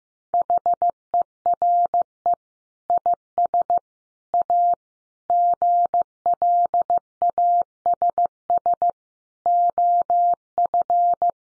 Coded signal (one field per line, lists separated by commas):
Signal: Morse code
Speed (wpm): 15 wpm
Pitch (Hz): 700 Hz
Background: none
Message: HERE IS A GLASS OF